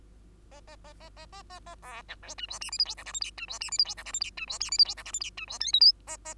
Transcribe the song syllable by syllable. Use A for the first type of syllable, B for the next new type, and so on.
A A A A A A A A B C D E F G H I J K L M N E F G H I J K L M N E F G H I J K L M N E F O P Q A A